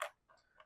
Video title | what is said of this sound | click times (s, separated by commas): 1/48 Scale ESB ATST- Mini Chicken Walker Build Video | Then your smaller armor piece goes on down below, and that just pops into place. | 0.0 s